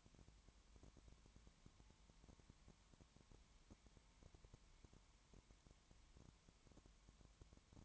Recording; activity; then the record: daily activity, microphone in the room; no activity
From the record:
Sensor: 3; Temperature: 20.1 degrees Celsius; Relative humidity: 31.4%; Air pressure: 1001.3 hPa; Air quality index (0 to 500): 74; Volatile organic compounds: 1 ppm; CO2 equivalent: 696 ppm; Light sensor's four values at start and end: 2/3/2/2 and 2/3/2/2